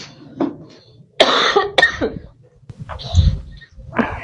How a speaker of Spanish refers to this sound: Ese tipo de toses, cuando una entidad te está extrayéndote la energía, lo voy a pausar tantito.